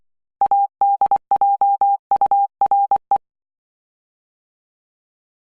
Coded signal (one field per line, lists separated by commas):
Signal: Morse code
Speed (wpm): 22 wpm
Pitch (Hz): 800 Hz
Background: none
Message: ADJURE